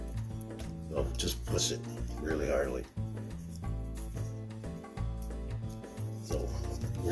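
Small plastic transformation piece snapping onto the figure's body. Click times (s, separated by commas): 0.4 s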